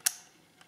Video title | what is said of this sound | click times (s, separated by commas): Goldman's Arithstyle Arith-machine | until it clicks into place. | 0.1 s